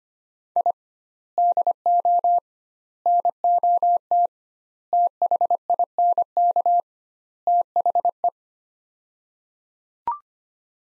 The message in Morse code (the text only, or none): I DO NOT THINK THE